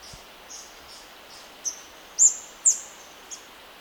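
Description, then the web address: Orange-crested flycatcher giving sharp, high, thin notes. A few faint notes come first, then two louder ones close together, and a final softer note, against quiet background hiss. Ecuador. "Birds of Ecuador Orange-crested Flycatcher"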